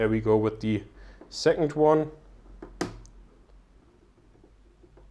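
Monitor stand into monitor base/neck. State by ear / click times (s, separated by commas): seated / 2.8 s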